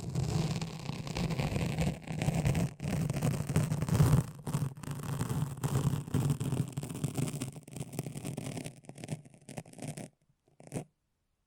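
A foamy, sticky brain massage: dense, wet scrubbing and squishing runs almost without pause, with a steady low rumble beneath crackly bright detail. Brief gaps break the rhythm every second or so, and the sound thins out near ten seconds, ending with one short squelch.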